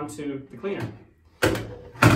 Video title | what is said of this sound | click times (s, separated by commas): Fix/Rebuild a Zodiac Baracuda T5 Pool Cleaner | So these things kind of pop into each other like this. | 1.4 s, 2.0 s